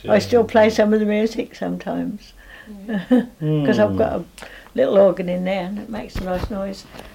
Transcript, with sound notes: I still play some a the music sometimes.
Right.
Mhmm.
[laughs] 'Cause I've got a little organ in there. And it makes a nice noise.